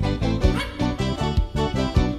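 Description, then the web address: Dog: puppy giving quick, repeated low yapping barks, roughly four a second in a steady run, with no other clear sounds. "calypso puppy"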